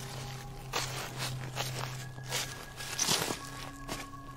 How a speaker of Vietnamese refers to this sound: Cho đến khi những âm thanh ấy im bặt, chỉ còn lại những tiếng chân đi sột soạt, dẫm lên lá khô, đang đi xung quanh nhà. Thằng Phúc nằm im, lắng tai nghe, là tiếng bước chân sột soạt thật, gần lắm, ngay bên kia bức vách.